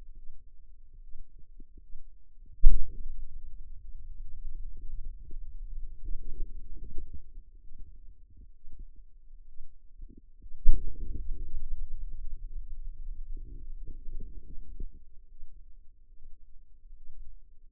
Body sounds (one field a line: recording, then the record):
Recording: forearm muscle sounds (acoustic myography)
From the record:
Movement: pen grasping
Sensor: system 2, bracelet of six BSWA MPA416 microphones around the upper forearm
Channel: 5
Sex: female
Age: 25 years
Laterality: right